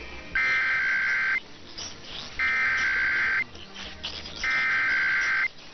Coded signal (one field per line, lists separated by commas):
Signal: Emergency Alert System (SAME) tones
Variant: header bursts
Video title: [EAS #1866-#1869] Tests & Texas CAE